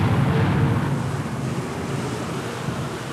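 Howling storm wind roars steadily for a few seconds, a dense, low-heavy rush of noise with a slight swell near the start, and no voices.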